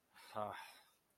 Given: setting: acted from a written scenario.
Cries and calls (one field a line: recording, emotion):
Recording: vocal sound without words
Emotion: anger